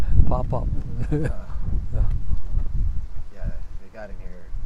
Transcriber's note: chuckles lightly